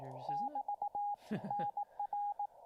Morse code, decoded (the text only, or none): <BT> NR